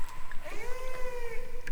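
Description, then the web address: Orca call, a drawn-out tonal call with stacked harmonics that rises, then stays level before dipping slightly, over steady low noise with faint clicks. Recorded March 2014. "ORCA SAMPLES 201403"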